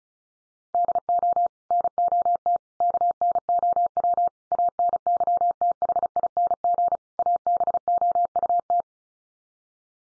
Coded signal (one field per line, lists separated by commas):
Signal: Morse code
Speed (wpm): 34 wpm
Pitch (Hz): 700 Hz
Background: none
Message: DO NOT KNOW ANYTHING ABOUT